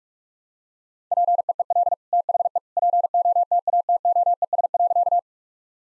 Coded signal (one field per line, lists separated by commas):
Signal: Morse code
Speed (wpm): 41 wpm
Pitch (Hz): 700 Hz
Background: none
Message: PEEL THE POTATOES.